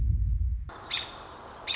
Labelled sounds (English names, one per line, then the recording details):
American Robin
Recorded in Sonoma County, California